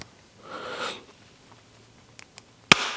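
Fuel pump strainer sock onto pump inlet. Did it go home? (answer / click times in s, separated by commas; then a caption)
yes / 2.7 s. A mesh fuel pickup sock (strainer filter) is pushed onto the inlet of an in-tank EFI fuel pump, with a broadband rustle of handling from about 0.4 to 1.0 s and two faint ticks near 2.2 and 2.4 s. A sharp, loud snap at 2.7 s marks the sock seating on the inlet, the sign that it is on properly.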